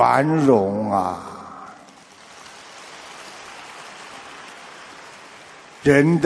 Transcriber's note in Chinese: 掌声